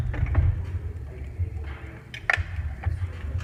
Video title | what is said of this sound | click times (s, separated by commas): Replacing The P7100 Again... Pt. 2 | And right when you hear it click in, stop. | 2.3 s